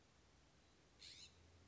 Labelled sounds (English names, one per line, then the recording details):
California Scrub-Jay
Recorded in Sonoma County, California